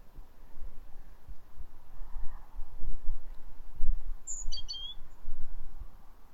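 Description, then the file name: Great tit call, a single brief high phrase of quick descending chirped notes, heard once over steady low rumbling noise. "Parus major"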